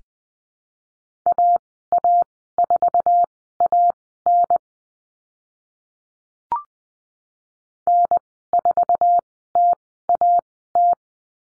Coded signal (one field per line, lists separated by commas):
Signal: Morse code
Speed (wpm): 20 wpm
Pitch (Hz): 700 Hz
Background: none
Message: AA4AN N4TAT